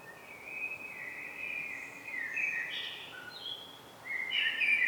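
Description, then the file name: Common blackbird giving a continuous, mellow warbled phrase that wanders up and down, with thin high notes near the end, over steady background hiss. "Turdus merula"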